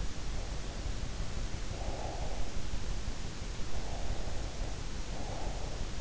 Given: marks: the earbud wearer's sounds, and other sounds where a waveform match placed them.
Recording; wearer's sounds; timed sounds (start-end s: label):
sounds in sleep by an in-ear microphone; breath
0.38-2.58 s: breath
3.75-5.98 s: breath